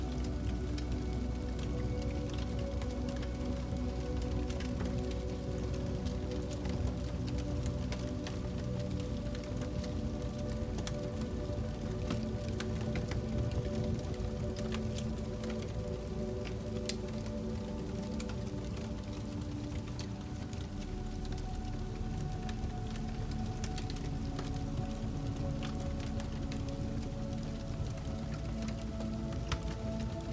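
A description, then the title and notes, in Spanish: Relaxing, enveloping music plays with the soft crackle of a fireplace. Sustained low tones hold steady throughout, while quick crackles and pops scatter densely across the whole half minute. The level stays even, with no pauses or sudden changes. MÚSICA Relajante Acompañada del Crepitar del FUEGO. Esta excepcional experiencia auditiva combina una música relajante y envolvente con el suave crepitar de una chimenea, creando así un ambiente cálido y tranquilizador.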